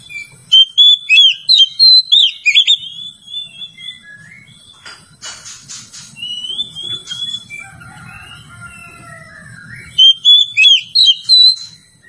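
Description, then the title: Oriental magpie-robin song: a loud burst of sharp, varied whistled notes at the start, softer twittering phrases in between, then another loud run near the end. "Kacer"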